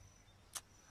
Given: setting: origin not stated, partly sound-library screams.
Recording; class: one-second piece from a danger detection set; normal situation